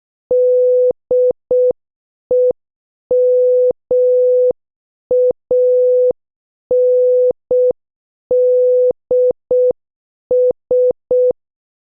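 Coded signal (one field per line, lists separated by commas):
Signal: Morse code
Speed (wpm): 6 wpm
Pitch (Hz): 500 Hz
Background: none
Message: DEMANDS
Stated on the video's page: Morse practice of movie quotes at 6 WPM.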